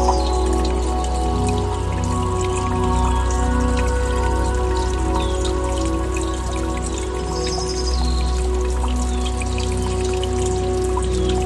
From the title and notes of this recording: Nature & Music - Brookside Meditation. This bonus episode has no story, only binaural nature sounds I recorded here at my cabin mixed with relaxing music.